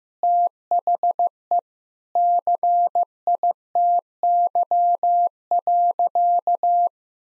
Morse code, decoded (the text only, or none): THE CITY.